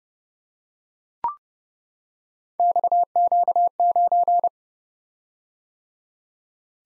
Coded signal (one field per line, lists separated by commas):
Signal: Morse code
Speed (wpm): 30 wpm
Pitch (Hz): 700 Hz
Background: none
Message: XQ9